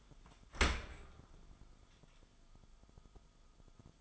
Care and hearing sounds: daily activity, microphone in the room; open dishwasher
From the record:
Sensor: 5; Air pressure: 1004.8 hPa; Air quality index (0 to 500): 94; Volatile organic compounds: 2 ppm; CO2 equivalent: 1133 ppm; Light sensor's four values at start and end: 33/76/31/30 and 33/77/31/30

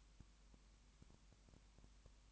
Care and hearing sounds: daily activity, microphone in the room; no activity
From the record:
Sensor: 1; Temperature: 19.7 degrees Celsius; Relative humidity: 40.5%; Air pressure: 1010.6 hPa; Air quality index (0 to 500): 209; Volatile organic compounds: 56 ppm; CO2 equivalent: 3373 ppm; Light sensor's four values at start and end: 1/2/1/1 and 1/2/1/1

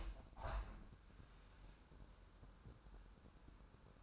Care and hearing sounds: daily activity, microphone in the room; open window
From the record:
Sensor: 2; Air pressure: 997.8 hPa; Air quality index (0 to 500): 134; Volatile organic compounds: 3 ppm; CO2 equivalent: 1513 ppm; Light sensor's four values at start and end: 11/32/13/12 and 11/32/13/12

